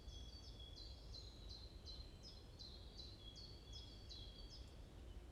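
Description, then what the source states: Bird giving a regular series of short, downward-slurred chirps over a thin sustained whistle and low steady rumble. Morning birds chirping in a forest at Watermaal-Bosvoorde, Brussels, Belgium; peaceful atmosphere; recorded with an AMBE VR microphone.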